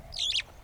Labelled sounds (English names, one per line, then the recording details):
Superb Starling flight call
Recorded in Kenya